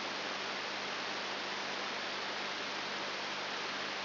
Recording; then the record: brain microelectrode recording played as sound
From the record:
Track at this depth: inside the subthalamic nucleus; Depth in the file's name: 3.501 mm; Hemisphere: left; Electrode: 3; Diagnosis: Parkinson's disease